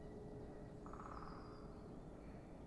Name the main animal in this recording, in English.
Eurasian Blue Tit